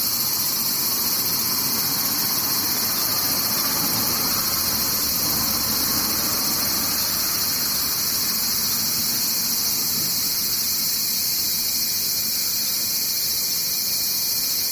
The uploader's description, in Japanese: セミ